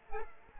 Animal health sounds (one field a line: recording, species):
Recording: mosquito wingbeat signal from an infrared sensor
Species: Aedes aegypti